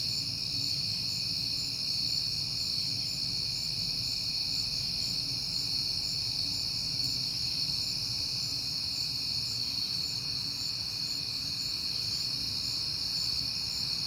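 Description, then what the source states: Crickets keep up a continuous, shrill chorus for the whole stretch, with a gentle low-pitched rumble in the background. Crickets recorded on a peaceful night in September, with passing cars.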